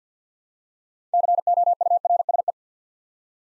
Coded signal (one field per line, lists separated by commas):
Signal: Morse code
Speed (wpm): 50 wpm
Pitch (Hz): 700 Hz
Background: none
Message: COURSE